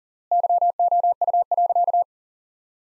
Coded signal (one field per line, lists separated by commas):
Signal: Morse code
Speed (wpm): 40 wpm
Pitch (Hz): 700 Hz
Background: none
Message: YOU.